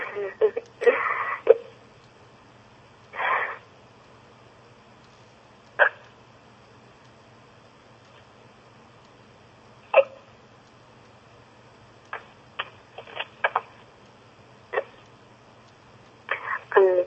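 Hiccups from an adult woman, heard over a telephone line.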